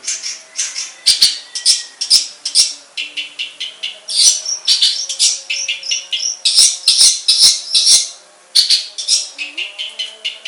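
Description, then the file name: Long-tailed shrike pouring out fast, varied chatter: scratchy bursts, buzzy trills and brief squeaks strung closely together at a brisk pace. Banyuwangi and Madura types of cendet. "Suara Cendet Banyuwangi dan Madura"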